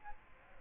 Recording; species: mosquito wingbeat signal from an infrared sensor; Aedes aegypti